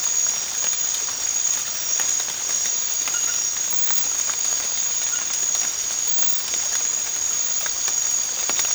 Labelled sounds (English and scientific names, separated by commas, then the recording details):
none
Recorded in pastures near Puerto Asís, Putumayo, Colombia, on 8 March 2025 at 03:00
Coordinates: 0.502, -76.324
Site GP07